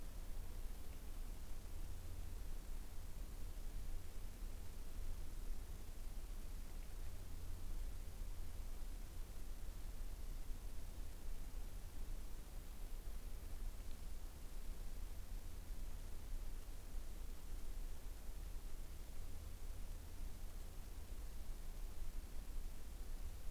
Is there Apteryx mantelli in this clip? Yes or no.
no